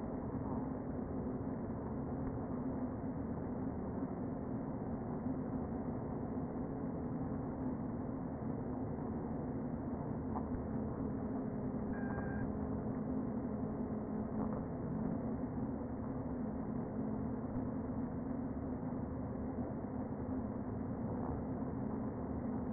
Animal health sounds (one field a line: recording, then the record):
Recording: honeybee colony, microphone inside the hive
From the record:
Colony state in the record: queen present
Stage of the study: before two queens were removed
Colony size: about 60,000 bees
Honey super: yes